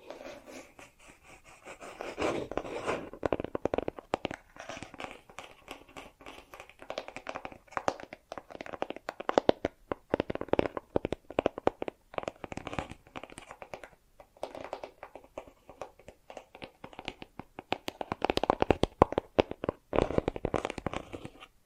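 Bracelets and jewelry boxes are handled in a dense stream of small clicks, rattles and scratchy rubbing. The clatter comes in busy bursts, around 2 to 5 seconds, 9 to 13 seconds and most loudly near 18 to 21 seconds, with quieter, sparser stretches between.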